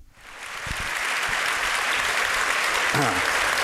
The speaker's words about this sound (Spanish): transmitiendo desde la Academia Sueca. Hay aplausos de parte del auditorio para Mario Vargas Llosa.